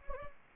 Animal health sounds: mosquito wingbeat signal from an infrared sensor; Anopheles gambiae

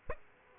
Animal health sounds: mosquito wingbeat signal from an infrared sensor; Aedes aegypti

